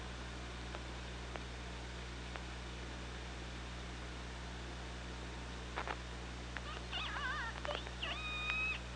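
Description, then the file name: Killer whale clicks scattered through the first seconds, then tonal pulsed calls near the end with bending contours and a steady high flat whistle-like note, over constant low hum. Killer whales picked up underwater by an OrcaLab hydrophone, 24 August 2017, at 15:45:26. "Orca Lab UTLN JASON 20170824 154526"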